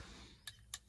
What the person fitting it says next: Look at there, snaps right into it.